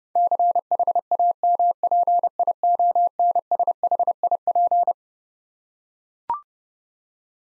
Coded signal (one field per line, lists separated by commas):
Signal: Morse code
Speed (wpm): 32 wpm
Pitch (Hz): 700 Hz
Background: none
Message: CHAMPIONSHIP